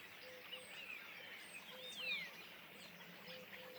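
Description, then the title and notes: Common starlings giving scattered whistles, one clear falling slurred note standing out, over soft background chatter and repeated low short hoots. Flock perched in trees beside the Louroux pond, Le Louroux, Indre-et-Loire, Centre-Val de Loire, France; recorded with Sennheiser MKH8020 ORTF stereo pair, Rycote, Sound Devices MixPre6 II. "Le Louroux, Loches, Indre-et-Loire, Centre-Val de Loire, France métropolitaine, 37240, France - étourneaux sansonnet dans les arbres. Nuée d'étourneaux posés dans un arbre aux abords de l'étang du louroux"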